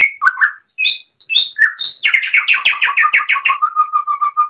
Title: Kicau Kacer